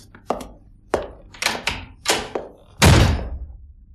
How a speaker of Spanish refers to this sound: Maldita sea. Me ha dado con la puerta en las narices.